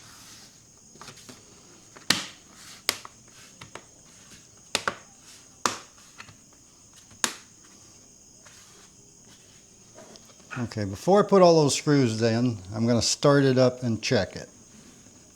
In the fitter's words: Everything's snapped in place.